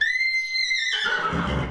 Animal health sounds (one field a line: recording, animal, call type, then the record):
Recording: contact call of a hoofed animal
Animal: horse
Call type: whinny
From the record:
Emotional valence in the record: negative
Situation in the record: group separation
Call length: 1.71 s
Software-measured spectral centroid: 2490 Hz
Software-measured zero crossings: 3880 a second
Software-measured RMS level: -24 dBFS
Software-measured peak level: -11 dBFS